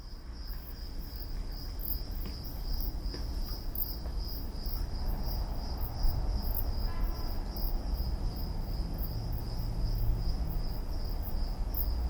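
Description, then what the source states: Crickets chirping in a steady high pulsing trill throughout, over low rumbling background noise. Some crickets recorded in Odessa, probably in a hotel courtyard, with a Sennheiser Ambeo headset microphone for iPhone.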